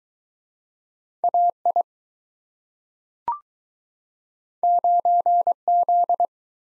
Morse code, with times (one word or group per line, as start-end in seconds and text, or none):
1.2-1.8 AI
4.6-6.2 9Z